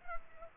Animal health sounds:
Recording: mosquito wingbeat signal from an infrared sensor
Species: Culex pipiens

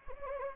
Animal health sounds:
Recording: mosquito wingbeat signal from an infrared sensor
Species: Anopheles gambiae

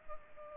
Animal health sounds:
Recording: mosquito wingbeat signal from an infrared sensor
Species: Culex pipiens

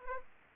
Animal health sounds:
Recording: mosquito wingbeat signal from an infrared sensor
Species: Anopheles arabiensis

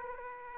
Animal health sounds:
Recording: mosquito wingbeat signal from an infrared sensor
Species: Aedes aegypti

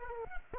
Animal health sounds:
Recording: mosquito wingbeat signal from an infrared sensor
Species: Culex pipiens

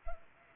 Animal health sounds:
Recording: mosquito wingbeat signal from an infrared sensor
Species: Culex pipiens

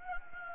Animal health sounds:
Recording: mosquito wingbeat signal from an infrared sensor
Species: Anopheles gambiae

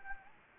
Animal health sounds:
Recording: mosquito wingbeat signal from an infrared sensor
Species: Anopheles gambiae

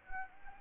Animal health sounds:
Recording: mosquito wingbeat signal from an infrared sensor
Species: Anopheles gambiae

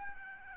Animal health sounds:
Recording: mosquito wingbeat signal from an infrared sensor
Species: Aedes albopictus

